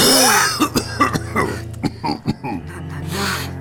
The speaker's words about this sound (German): So ein Husten.